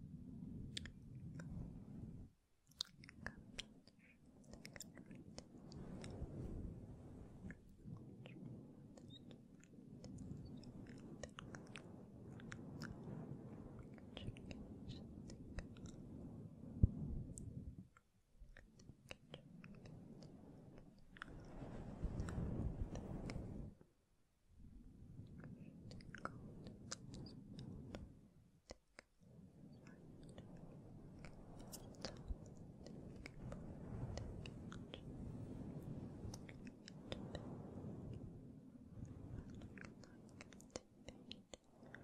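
Soft, breathy whispering with no clear words runs in bursts, broken by brief silences around 2, 18, 24 and 29 seconds. Gentle tapping and rubbing on the microphone adds crisp clicks and low thumps throughout, with one sharper knock near 17 seconds.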